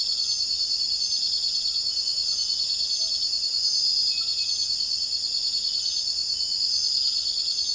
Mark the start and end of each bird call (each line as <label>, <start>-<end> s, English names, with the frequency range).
Tropical Screech-Owl (0.2-1.0 kHz), 2.53-3.28 s